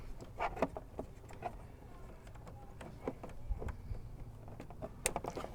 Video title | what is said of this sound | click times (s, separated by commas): April 27, 2026 upgrades on the gold wing. | And I don't know if you heard that click. | 5.1 s